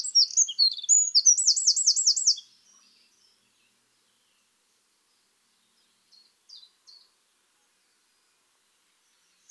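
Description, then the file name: Eurasian wren giving a brisk burst of high, shrill notes and a rolling trill for about two and a half seconds, followed by silence and a few faint, soft notes. "Troglodytes troglodytes"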